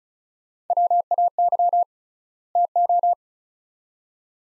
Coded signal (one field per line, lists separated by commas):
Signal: Morse code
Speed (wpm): 34 wpm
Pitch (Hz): 700 Hz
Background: none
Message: WAY TO